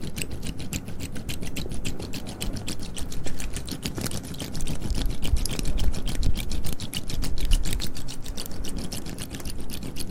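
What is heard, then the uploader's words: Soft mouth sounds: a steady run of quick, wet clicks and smacks, about five a second, continuing evenly through the whole ten seconds. A low, breathy murmur sits underneath and swells a little just past the middle. Soft Mouth Sounds For Sleep.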